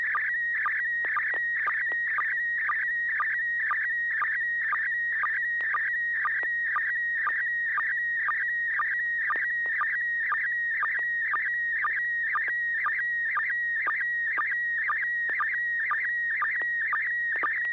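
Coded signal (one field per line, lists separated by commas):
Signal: SSTV (slow-scan television)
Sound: warbling high tone with rhythmic low blips about twice per second, steady throughout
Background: steady low hum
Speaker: image I'll let others take a guess first before I guess starting with Carol kp4mg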